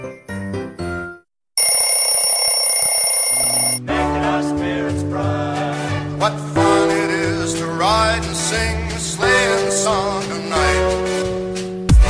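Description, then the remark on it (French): An alarm clock rings with a bright, steady, buzzing tone for about two seconds, then cuts off as upbeat music with a strong bass line takes over, opening the 'coup de boost' show on Studek Web. “Allez, faut se lever, c'est l'heure du coup de boost. Le deuxième réveil de la journée.”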